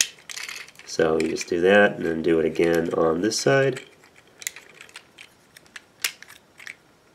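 Someone talks while handling the plastic arm shield on the second side of a Transformers Generations Combiner Wars Offroad transforming robot toy, folding it back down onto the forearm tab. After the talking, soft plastic taps and handling noises follow, including a sharper tap near 6.0 s. Nothing has seated or clicked yet; the shield is not locked into place by the end.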